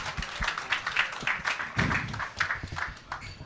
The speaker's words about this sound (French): Quelques applaudissements pour Xavier, s'il vous plaît.